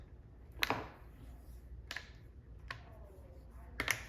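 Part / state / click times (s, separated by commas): plastic screen bezel clips into laptop lid / seated / 0.6 s, 2.7 s, 3.8 s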